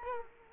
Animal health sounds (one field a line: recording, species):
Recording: mosquito wingbeat signal from an infrared sensor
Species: Culex quinquefasciatus